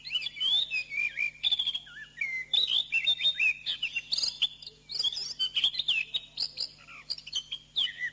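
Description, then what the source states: Bird song, continuous rapid warbling of rising and falling whistles mixed with sharp chips and buzzy notes, barely pausing, over a faint steady hum. Birdsong used for training birds.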